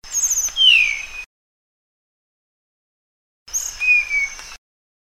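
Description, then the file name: Sunda blue flycatcher giving two short phrases of high whistles, each ending in a clear downward-sliding note, with a silent pause between them. "suara burung sikatan sunda. omkicau"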